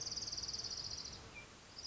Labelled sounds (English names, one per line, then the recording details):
Orange-crowned Warbler
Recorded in Sonoma County, California